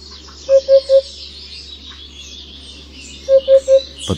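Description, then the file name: Eurasian hoopoe song, two even triple hoots about three seconds apart over faint chirps of other birds, ending in a brief rustling burst. "Dudek"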